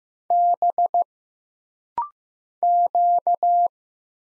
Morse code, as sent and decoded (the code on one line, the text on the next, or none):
-... / --.-
B Q